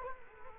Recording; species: mosquito wingbeat signal from an infrared sensor; Culex quinquefasciatus